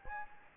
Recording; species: mosquito wingbeat signal from an infrared sensor; Anopheles gambiae